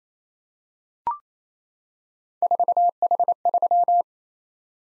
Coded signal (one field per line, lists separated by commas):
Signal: Morse code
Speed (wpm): 27 wpm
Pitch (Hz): 700 Hz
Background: none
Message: 4H3